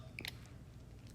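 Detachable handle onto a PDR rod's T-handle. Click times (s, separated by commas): 0.2 s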